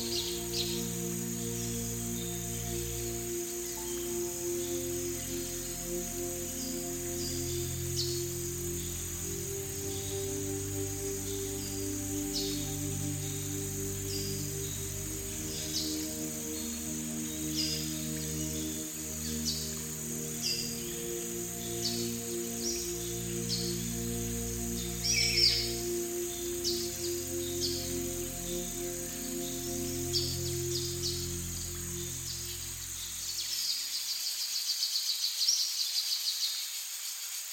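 Soft, slow melodic tones and low sustained notes float over a steady, high whir of tropical insects, with scattered bird chirps and clicks throughout. Near the 33-second mark the music drops away, leaving only the insects and a brighter burst of calls.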